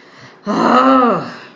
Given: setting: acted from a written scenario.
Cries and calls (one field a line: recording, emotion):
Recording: vocal sound without words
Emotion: anger